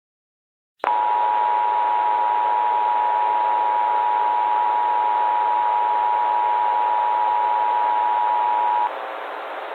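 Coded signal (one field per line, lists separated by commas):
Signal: Emergency Alert System (SAME) tones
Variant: 853 and 960 Hz attention tone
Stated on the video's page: Fictional analog-horror EAS scenario, simulated but using valid EAS tones.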